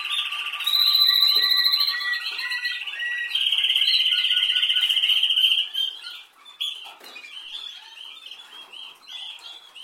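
Canary song with quickly changing sections: high ringing trills, lower rolls, and a long steady trill, ending with scattered softer chirps.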